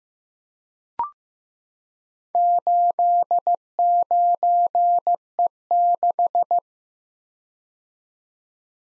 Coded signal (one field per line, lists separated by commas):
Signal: Morse code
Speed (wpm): 15 wpm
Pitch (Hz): 700 Hz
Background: none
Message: 89E6